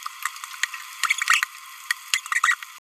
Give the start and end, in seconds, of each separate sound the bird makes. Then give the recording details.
1.03-1.13, 1.28-1.42, 2.14-2.19, 2.32-2.39. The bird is a male. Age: 27 days. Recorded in a nest box in Venezuela. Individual 17B31A2